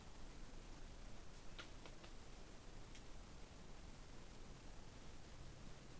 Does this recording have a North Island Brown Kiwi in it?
no